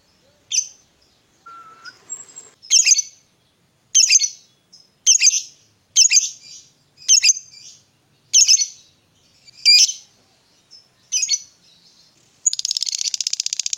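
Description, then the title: Lovebird calling: harsh, high chirps spaced just over a second apart, a brief whistled note early on, ending with a burst of rapid buzzy chatter. Lovebird whose style makes it look very clever at memancing, luring or provoking other birds into calling. "Dari Gayanya Lovebird Ini Terlihat Pintar Sekali Memancing"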